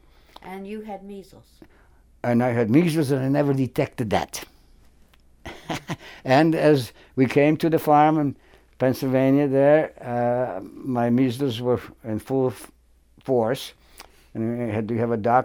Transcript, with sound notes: And you had measles?
And I had measles and they never detected that. [Chuckles] And as we came to the farm in Pennsylvania there, my measles were in full force and had to have a doctor.